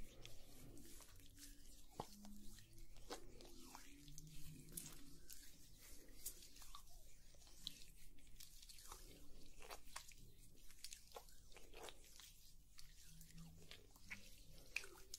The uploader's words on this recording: ASMR Sauna Spa Treatment Roleplay (Oil Massage & Facial w Layered Sounds).